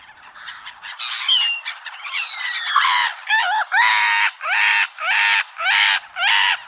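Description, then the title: Black-headed gulls squabbling in mixed chatter, then a harsh, strident screech repeated several times in quick succession. Park in Tokyo, Japan. "朝の小鳥. 舎人公園（東京都）のユリカモメ"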